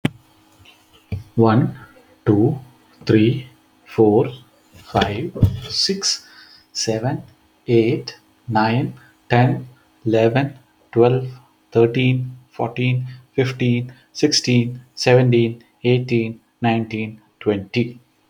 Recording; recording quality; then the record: counting at a normal pace; excellent, no background noise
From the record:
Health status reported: healthy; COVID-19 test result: not tested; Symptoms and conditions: none ticked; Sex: male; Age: 39 years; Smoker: not ticked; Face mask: not worn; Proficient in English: yes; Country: India